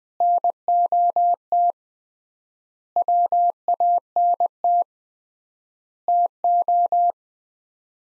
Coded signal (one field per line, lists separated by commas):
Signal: Morse code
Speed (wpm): 21 wpm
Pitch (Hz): 700 Hz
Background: none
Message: NOT WANT TO